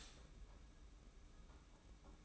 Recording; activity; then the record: daily activity, microphone in the room; stop toaster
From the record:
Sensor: 1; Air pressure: 991.7 hPa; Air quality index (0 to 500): 171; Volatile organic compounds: 1000 ppm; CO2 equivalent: 6430 ppm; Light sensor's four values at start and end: 33/110/42/44 and 33/110/42/44